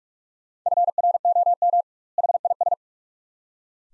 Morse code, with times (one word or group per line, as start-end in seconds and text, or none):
0.7-1.8 FROM
2.2-2.7 HIS